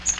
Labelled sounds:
Magnolia Warbler (Setophaga magnolia) flight call

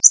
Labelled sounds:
Connecticut Warbler (Oporornis agilis) flight call

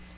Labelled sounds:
Magnolia Warbler (Setophaga magnolia) flight call

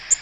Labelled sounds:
Black-throated Green Warbler (Setophaga virens) flight call

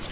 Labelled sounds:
Virginia's Warbler (Leiothlypis virginiae) flight call

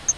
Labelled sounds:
Yellow-rumped Warbler (Setophaga coronata) flight call

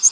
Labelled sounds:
Northern Waterthrush (Parkesia noveboracensis) flight call

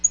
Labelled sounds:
Black-throated Green Warbler (Setophaga virens) flight call

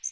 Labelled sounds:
Yellow Warbler (Setophaga petechia) flight call

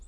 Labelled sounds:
Hermit Warbler (Setophaga occidentalis) flight call

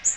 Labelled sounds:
Magnolia Warbler (Setophaga magnolia) flight call

